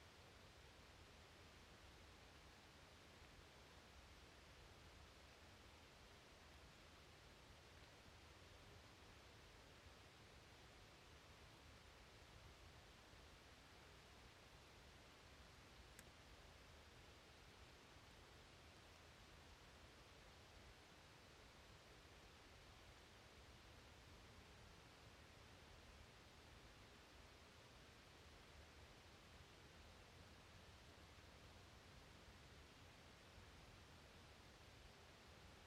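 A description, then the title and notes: A still night in a deciduous forest, heard as an even, unbroken hush of soft hiss with a faint low rumble beneath. The level barely changes for the whole stretch, with no calls standing out; only one tiny tick sounds around the sixteen-second mark. Recorded in the beautiful Pacific Northwest in Washington, United States. Deciduous Forest Quiet Still Night.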